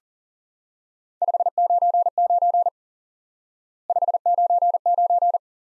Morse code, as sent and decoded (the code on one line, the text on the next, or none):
..... ----. ----. / ..... ----. ----.
599 599